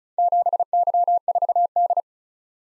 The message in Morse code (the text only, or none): 7Y4D